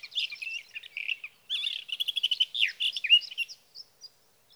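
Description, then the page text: Sage thrasher song, a rich run of rapid warbled notes with a stuttering, repeated section and a downward slur. Male singing near his night roost through three nights, evening of June 12 to morning of June 15, 2018, Sierra Valley, California; Swift recorder placed near roost; night songs. "Birdsong for the Curious Naturalist: Explore #7. 61. Sage thrasher songs, through the night"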